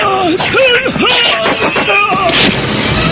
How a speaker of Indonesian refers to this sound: berteriak sambil melemparkan pisau-pisaunya ke setiap sudut.